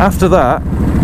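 Someone talks over a steady low vehicle rumble as a rider handles the plastic visor of a Scorpion ADX-1 / AT-950 motorcycle helmet while riding, working it toward the rubber gasket on the helmet shell. There is no click holding the visor down; after its final detent it is meant to suck in against the gasket to seal. The clip ends before that happens, so nothing has seated or sealed yet.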